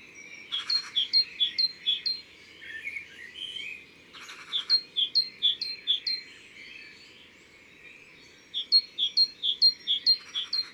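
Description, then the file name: Great tit song in three runs of quick, ringing two-note phrases, several repetitions each, separated by pauses, with brief rustling bursts. Recorded in the Drôme, France. "Mesange cherbonniere Concerts Naturels de la Drome Studio les Trois Becs"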